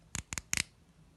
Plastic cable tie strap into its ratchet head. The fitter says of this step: pull it you hear it clicking